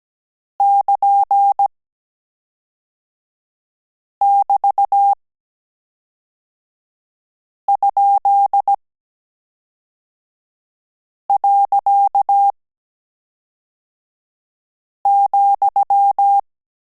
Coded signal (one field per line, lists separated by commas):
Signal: Morse code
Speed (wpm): 17 wpm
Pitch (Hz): 800 Hz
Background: none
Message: <KN><BT>?.,